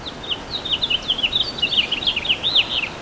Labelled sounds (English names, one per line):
House Finch song